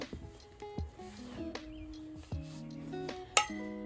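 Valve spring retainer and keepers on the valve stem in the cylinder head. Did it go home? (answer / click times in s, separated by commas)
released / 3.4 s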